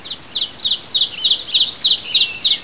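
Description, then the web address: Wren song: a rapid, high-pitched run of bright chirps and short trills that continues without pause throughout. "Individual Software Inc-Screen Saver Creator 5 Deluxe Edition-Win 95. wrens Songbird"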